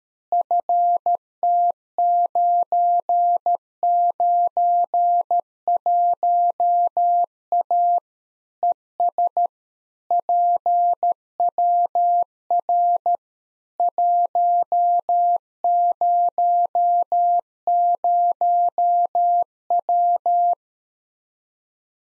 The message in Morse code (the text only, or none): FT991A ES PWR 100W